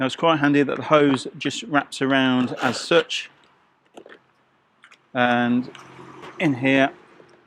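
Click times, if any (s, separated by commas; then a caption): none. Someone talks while handling a Bissell Pet Pro Carpet & Upholstery portable carpet cleaner, with its hose wrapped around the machine and the hose cleaning tool being moved toward its plastic storage holder on the side. A few faint handling ticks sound between about 3.9 and 4.9 seconds before the talking resumes. Nothing has seated or clicked into the holder yet.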